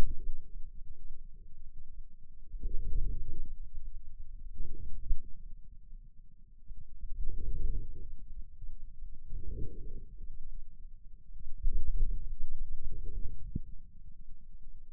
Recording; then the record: forearm muscle sounds (acoustic myography)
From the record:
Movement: inward rotation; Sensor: system 2, bracelet of six BSWA MPA416 microphones around the upper forearm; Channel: 5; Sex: male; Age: 22 years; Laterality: right